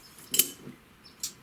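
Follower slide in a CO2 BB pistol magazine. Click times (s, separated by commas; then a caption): 0.3 s, 0.4 s. The spring follower slide of a Heckler & Koch VP9 CO2 BB pistol magazine is pulled down and locks into place for loading, giving a sharp metallic double click at 0.3 s and 0.4 s. Fainter sharp ticks follow at about 1.2 s and 1.5 s.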